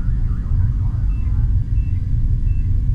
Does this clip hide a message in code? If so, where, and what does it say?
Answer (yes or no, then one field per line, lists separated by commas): no